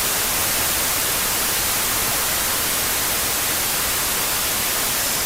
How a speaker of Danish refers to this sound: Og så vil vi godt give dig hvid støj